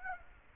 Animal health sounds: mosquito wingbeat signal from an infrared sensor; Aedes aegypti

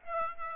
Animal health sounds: mosquito wingbeat signal from an infrared sensor; Aedes aegypti

